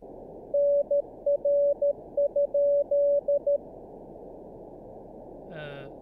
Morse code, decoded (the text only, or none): NR?